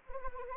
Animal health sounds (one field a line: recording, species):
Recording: mosquito wingbeat signal from an infrared sensor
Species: Anopheles arabiensis